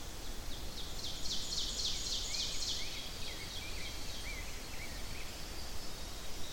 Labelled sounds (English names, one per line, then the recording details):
Ovenbird song
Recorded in boreal forest in Alberta, Canada, on 10 June 2016 at 08:56
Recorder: SongMeter 3, array SBT-3-39
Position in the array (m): 212 m, 176 m
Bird 17